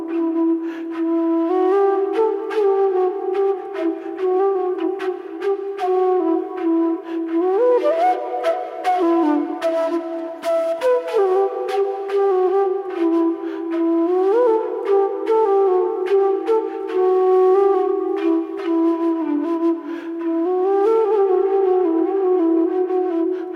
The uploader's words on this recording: Sound bath.